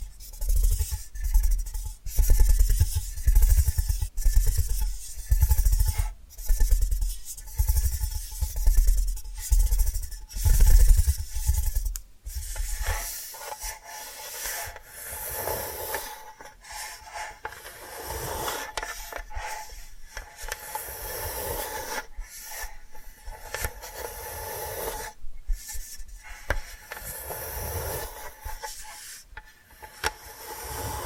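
Tapping and scratching sounds, with soft rubbing and raspy scraping strokes. For the first twelve seconds, steady taps carry a deep thump under them; after that the strokes turn lighter and scratchier, coming in irregular bursts with brief pauses.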